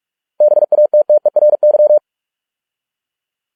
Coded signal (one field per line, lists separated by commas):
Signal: Morse code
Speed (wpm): 46 wpm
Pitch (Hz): 600 Hz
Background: none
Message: BATTERY